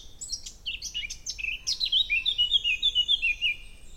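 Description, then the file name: Eurasian blackcap singing, a brief scratchy twittering lead-in followed by a rich run of loud fluted whistled notes, stepping downward. "Sylvia atricapilla"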